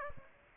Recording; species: mosquito wingbeat signal from an infrared sensor; Aedes aegypti